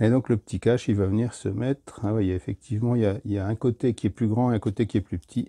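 A small plastic cover, with one larger side and one smaller side, is being handled to fit onto the laser module head of an Ortur Laser Master 3 laser engraver. Someone talks throughout. Nothing has clipped or seated yet.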